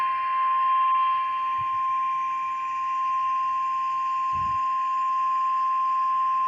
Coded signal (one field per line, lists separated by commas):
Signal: Emergency Alert System (SAME) tones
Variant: 1050 Hz attention tone